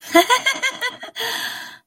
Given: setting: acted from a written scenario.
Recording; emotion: vocal sound without words; elation